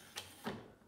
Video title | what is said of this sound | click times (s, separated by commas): DIY Livescope Turret, Motorized Pole For Garmin Livescope Transducer. | it drops right back down and locks into place just like that | 0.2 s, 0.5 s